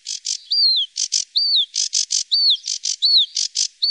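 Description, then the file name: Sedge warbler song, rapid scratchy chirps alternating with repeated down-slurred whistled notes, a lively jerky rhythm throughout, nothing else heard. "Savsangare"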